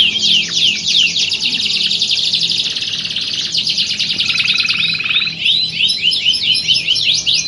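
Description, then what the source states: Canary singing rolling trills and high chattering phrases nonstop, with a lower bubbling trill in the middle before quick chirps resume. Belgian canary warm-up song used to prepare canaries for singing contests, a contest simulation meant to train the mental readiness of champion contest canaries.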